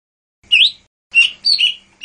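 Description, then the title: Bird calls: a few short, harsh chirps with brief silences between. "SuaraBurung Kicau"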